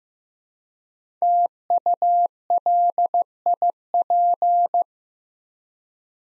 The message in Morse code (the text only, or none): TULIP